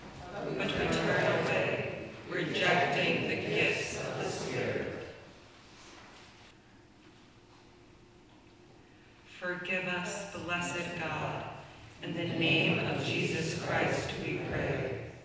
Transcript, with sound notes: But we turn away, rejecting the gifts of the Spirit. (Period of silent reflection.) Forgive us, blessed God, In the name of Jesus Christ, we pray.